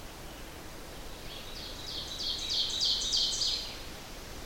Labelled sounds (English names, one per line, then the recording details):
Ovenbird song
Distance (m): 50 m
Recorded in boreal forest in Alberta, Canada, on 12 June 2016 at 07:31
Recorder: SongMeter 3, array SBT-3-18
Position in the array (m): 122 m, 108 m
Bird 29